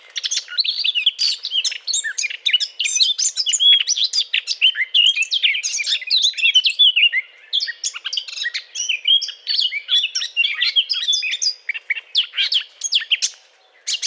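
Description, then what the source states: Eurasian blackcap singing a sustained, rapid, varied warble of chattering and whistled notes, falling briefly silent near the end. Courtship song.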